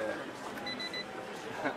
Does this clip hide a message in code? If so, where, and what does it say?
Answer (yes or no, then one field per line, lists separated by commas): no